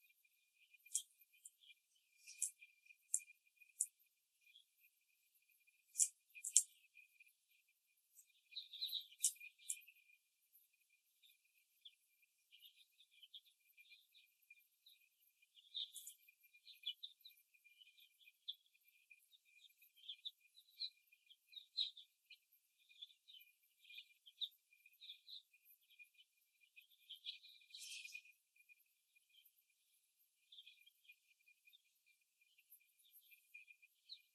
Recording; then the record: young laying hens in a cage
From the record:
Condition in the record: before the stressor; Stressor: simulated dog barking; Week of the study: 1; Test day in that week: 2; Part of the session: 1